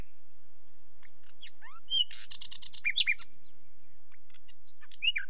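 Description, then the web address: Common nightingale singing: sliding whistles lead into a loud, fast churring rattle, followed by sharp upslurred and downslurred notes. "The BBC Sound Effects Library. Nightingale"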